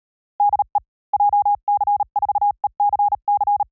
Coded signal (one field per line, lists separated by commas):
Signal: Morse code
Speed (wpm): 37 wpm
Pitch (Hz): 810 Hz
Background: none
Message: DE JC4ECC